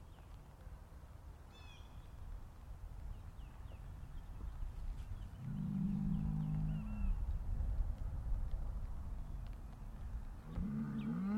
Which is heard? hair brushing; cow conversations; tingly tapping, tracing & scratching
cow conversations